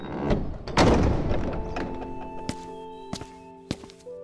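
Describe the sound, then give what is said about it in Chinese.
A heavy wooden door to an old book pavilion, the Guiyuan Pavilion, once a father's study, is pushed open with a dull thunk and low rumbling creak, followed by a few sharp knocks and footsteps as steady tones hum underneath. “帝子元皱眉，摇了摇头，然后推开门走了进去。”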